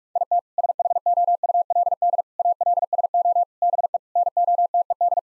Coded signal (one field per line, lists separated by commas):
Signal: Morse code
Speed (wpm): 46 wpm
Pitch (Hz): 700 Hz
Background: none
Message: IT SHOULD ALSO BE NOTED